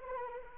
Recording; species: mosquito wingbeat signal from an infrared sensor; Anopheles arabiensis